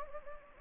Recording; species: mosquito wingbeat signal from an infrared sensor; Anopheles gambiae